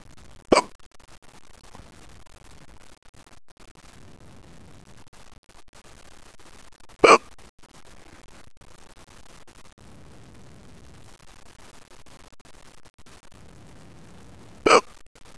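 Three abrupt, sharp, clicking gulps come about seven seconds apart, roughly eight a minute, with faint room noise in between. These are hiccups in an adult man, sudden involuntary catches of breath at a slow pace, getting worse and pretty bad, starting as he was getting ready for bed.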